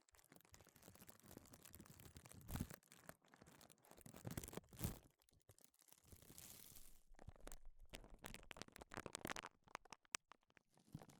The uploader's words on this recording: 5 different GLOVES Sounds. (No Talking).